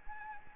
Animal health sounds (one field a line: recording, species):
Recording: mosquito wingbeat signal from an infrared sensor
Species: Anopheles arabiensis